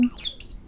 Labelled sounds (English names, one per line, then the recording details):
Stitchbird song
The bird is a male
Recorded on Tiritiri Matangi Island, New Zealand, in 2005
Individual 17, of nest box 25